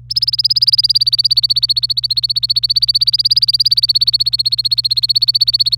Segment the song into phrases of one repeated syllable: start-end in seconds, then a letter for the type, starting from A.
0.10-5.77 A